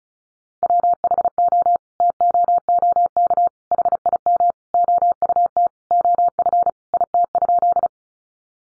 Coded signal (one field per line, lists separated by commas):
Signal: Morse code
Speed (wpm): 34 wpm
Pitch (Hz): 700 Hz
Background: none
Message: WHO TOOK HIM OUT OF IT?